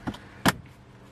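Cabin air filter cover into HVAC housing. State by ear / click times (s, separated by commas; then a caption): seated / 0.5 s. A plastic cabin air filter door on a Subaru (Crosstrek, Forester, Impreza, WRX STi) is pushed into its HVAC housing behind the glovebox. A couple of faint taps come first, then a sharp, bright click at 0.5 s as the cover seats. The cover is clicked into place, with the other side already clicked in as well.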